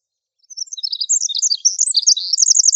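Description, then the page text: Pacific wren song: a rapid, high-pitched jumble of tinkling notes and fast trills that starts after a brief silence and stays at much the same loudness, with no other sounds. Pacific wren in coniferous forest. "Coniferous Forest Pacific Wren. Quick Sounds"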